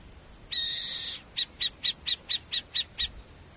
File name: canto da coruja buraqueira